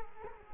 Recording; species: mosquito wingbeat signal from an infrared sensor; Culex quinquefasciatus